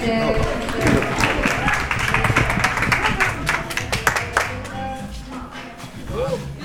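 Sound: audience applause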